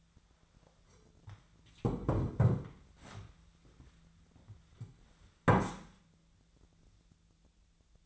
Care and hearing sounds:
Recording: daily activity, microphone in the room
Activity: sit down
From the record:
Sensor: 3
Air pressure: 1008.1 hPa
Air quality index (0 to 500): 192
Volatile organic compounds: 14 ppm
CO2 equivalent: 2466 ppm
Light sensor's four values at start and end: 13/29/13/13 and 12/29/12/13

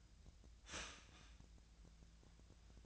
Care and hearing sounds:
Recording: daily activity, microphone in the room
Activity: start toaster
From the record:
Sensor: 2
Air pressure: 1009.2 hPa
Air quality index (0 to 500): 186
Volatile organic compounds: 11 ppm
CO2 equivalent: 2314 ppm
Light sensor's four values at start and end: 17/44/18/20 and 16/41/17/18

